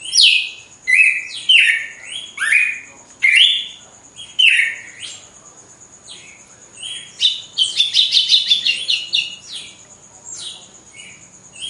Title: Canto Galo Campina Fêmea. GALO DE CAMPINA DEPOIS DA MUDA (disputa)